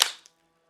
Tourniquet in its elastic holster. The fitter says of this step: you'll hear that audible click and tourit deploys in good condition ready to use